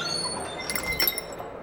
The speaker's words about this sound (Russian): Не мешкая, пройдя вдоль стены, я подошел ко входу, потянул на себя тяжелую деревянную дверь с мутным стеклом и вошел.